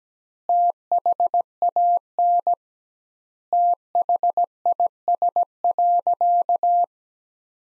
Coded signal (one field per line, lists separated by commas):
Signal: Morse code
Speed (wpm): 17 wpm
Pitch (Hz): 700 Hz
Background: none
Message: THAN THIS.